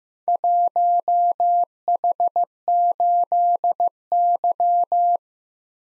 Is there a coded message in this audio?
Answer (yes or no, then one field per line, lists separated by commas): yes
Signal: Morse code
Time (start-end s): 0.3-5.2 s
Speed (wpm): 15 wpm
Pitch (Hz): 700 Hz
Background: none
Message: 1H8Y